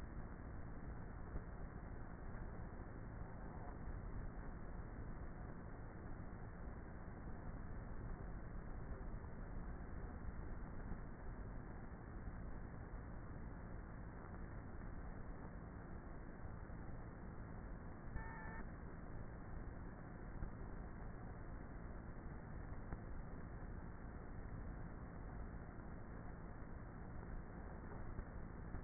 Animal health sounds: honeybee colony, microphone inside the hive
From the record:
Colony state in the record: queenless with a low population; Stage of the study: before two queens were removed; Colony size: about 30,000 bees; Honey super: no

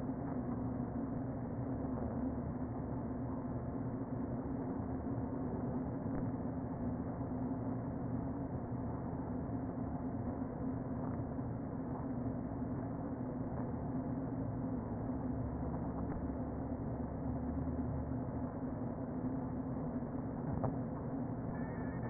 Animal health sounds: honeybee colony, microphone inside the hive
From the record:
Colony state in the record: queen present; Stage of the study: before two queens were removed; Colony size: about 60,000 bees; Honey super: yes

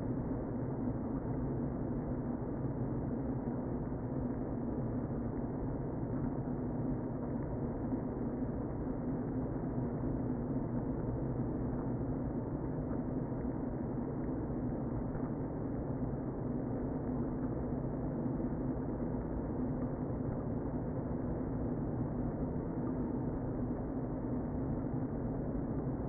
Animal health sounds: honeybee colony, microphone inside the hive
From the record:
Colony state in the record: queen present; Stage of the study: before two queens were removed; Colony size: about 60,000 bees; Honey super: yes

